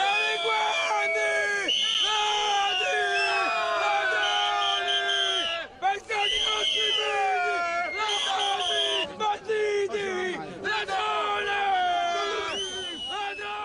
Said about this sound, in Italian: Questi sono, diciamo, lavoratori dell'ippodromo di Agnano che appunto protestano per la crisi che c'è anche da loro.